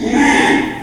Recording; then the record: squeal of a Yucatan mini pig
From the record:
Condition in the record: after surgery on the right vocal fold (resection and tissue-engineered implant); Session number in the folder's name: 3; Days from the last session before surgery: 33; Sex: male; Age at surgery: 12 weeks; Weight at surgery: 13 kg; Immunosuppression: cyclosporine, prednisolone